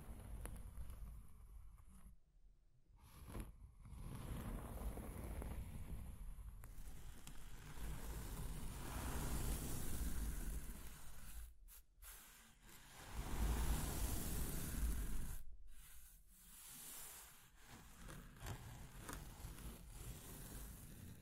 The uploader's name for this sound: Scratching and Tracing Sounds